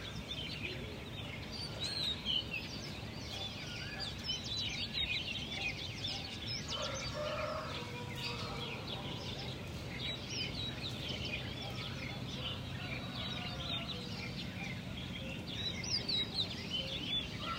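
Morning birdsong in Dali, with chirps and twittering calls scattered through the clip, some quick and chattering. Underneath runs a steady low rumble, and around 7 to 9 seconds a rooster-like call rises briefly. The bird calls come often, overlapping throughout.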